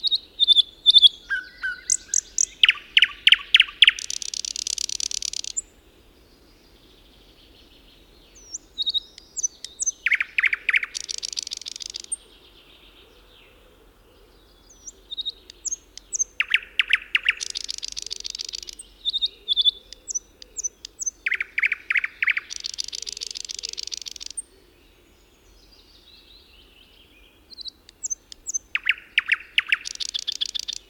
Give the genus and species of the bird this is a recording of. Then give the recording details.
Luscinia luscinia. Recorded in the wild. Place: Wolin, Westpommern, PL. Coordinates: 53.923, 14.549. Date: 1972-06-04. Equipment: Nagra III BH, Sennheiser MD 21, parabola. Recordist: Schubert, Michael